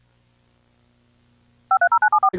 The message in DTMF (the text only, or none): 530974